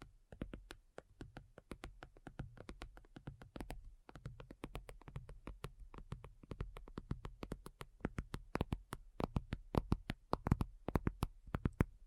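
Quick, irregular tapping, ASMR style, sharp clicks falling in dense clusters with brief gaps, most noticeably a short pause near four seconds. A soft low rumble sits under the taps, and the hits grow louder and crisper toward the end.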